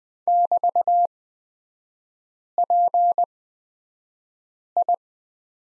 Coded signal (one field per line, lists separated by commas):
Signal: Morse code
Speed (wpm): 20 wpm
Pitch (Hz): 700 Hz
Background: none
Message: <BT>PI